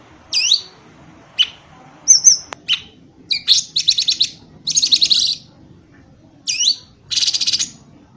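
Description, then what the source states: Bird song of sharp high chirps, slurred whistles and short buzzy rattling bursts, delivered in separate phrases with quiet gaps between. Training recording used to teach songbirds.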